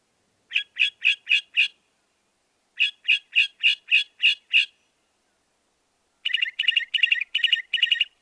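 Northern mockingbird song with two bursts of rapid harsh notes, followed by a run of buzzier, raspy repeated syllables.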